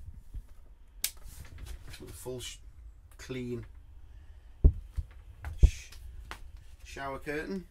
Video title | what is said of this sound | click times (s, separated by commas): 1996 AUTOTRAIL CAMPER MOTORHOME FOR SALE | and that staples into place and clicks into place like so | 1.0 s